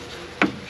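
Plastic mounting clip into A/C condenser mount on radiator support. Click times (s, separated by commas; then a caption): 0.4 s. A plastic mounting clip on an A/C condenser assembly, the second clip, is pushed into its mount in the radiator support to lock it in place. A sharp snap is heard at 0.4 s over a quiet background, and the clip seats.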